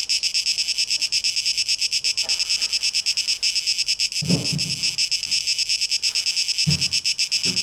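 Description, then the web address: Cicada song as a steady high buzz throbbing in quick pulses, broken by a few soft low thumps. Recorded 12 August 2023; tape echo mix. "rauschpartikel Audio 2023-08-12 Zikaden"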